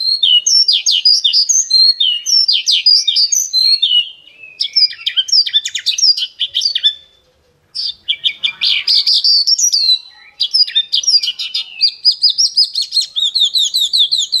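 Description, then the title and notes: Bird song, bursts of quick high chirps and trills separated by short pauses, then a brief silence before the chattering resumes with sweeping whistled notes. Birdsong recording used to train (master) pet birds. "Suara Burung. Suara Kicauan Burung untuk memaster burung kesayangan"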